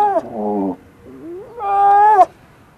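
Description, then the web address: Grey seal call in two harmonic parts, a low quavering moan followed by a rising, held wail that breaks off sharply. "gray seal"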